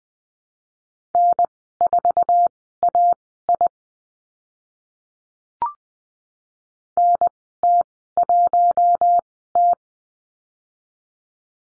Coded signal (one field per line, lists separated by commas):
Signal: Morse code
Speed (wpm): 20 wpm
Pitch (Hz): 700 Hz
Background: none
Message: N4AI NT1T